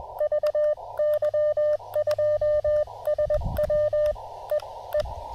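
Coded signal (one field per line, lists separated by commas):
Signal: Morse code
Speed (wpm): 21 wpm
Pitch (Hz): 600 Hz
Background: none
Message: VY2SW E E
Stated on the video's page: Real-time QRP CW Parks on the Air activation with an Elecraft KX2, KXPD2 paddles and a homebrew 40m end-fed half-wave antenna.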